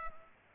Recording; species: mosquito wingbeat signal from an infrared sensor; Culex pipiens